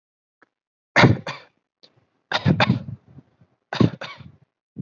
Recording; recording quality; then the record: shallow voluntary cough; excellent, no background noise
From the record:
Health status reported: exposed to COVID-19, no respiratory illness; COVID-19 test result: not tested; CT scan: not taken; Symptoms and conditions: none ticked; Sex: male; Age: 23 years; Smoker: no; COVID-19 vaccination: both doses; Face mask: not worn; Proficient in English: yes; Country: India